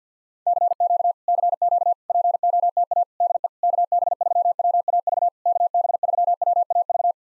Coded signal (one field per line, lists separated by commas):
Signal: Morse code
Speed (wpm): 50 wpm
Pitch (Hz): 700 Hz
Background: none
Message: CQ CQ POTA DE KB3WAV KB3WAV